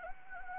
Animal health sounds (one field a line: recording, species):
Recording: mosquito wingbeat signal from an infrared sensor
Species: Anopheles gambiae